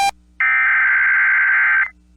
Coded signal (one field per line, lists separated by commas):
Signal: Emergency Alert System (SAME) tones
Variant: header bursts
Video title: EAS Tornado Drill South Dakota NOAA Weather Radio/KBRK (Tornado Watch #9999/Tornado Warning)